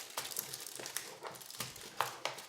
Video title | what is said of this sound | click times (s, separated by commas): Distracted Baker episode 4 - LAST MINUTE or same day Christmas Pudding | You hear it click. | 0.4 s, 1.0 s, 2.0 s, 2.2 s